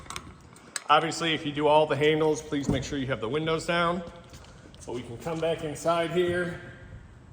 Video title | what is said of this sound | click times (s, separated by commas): F150 door handles, WHATS THE TRICK! | it locks with no issue | 0.1 s, 0.2 s, 0.8 s